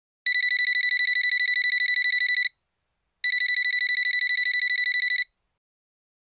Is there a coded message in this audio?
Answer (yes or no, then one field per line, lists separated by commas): no